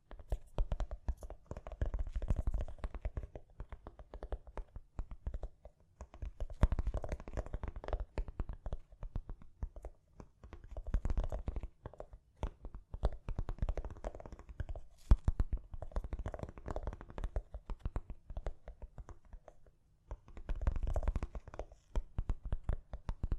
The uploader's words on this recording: ASMR Gently Tapping. (No Talking).